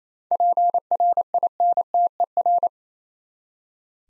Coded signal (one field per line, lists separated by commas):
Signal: Morse code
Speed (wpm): 29 wpm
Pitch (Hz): 700 Hz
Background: none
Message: PRINTER